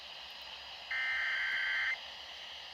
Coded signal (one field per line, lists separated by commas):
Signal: Emergency Alert System (SAME) tones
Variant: header bursts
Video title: EAS#148 Tornado Warning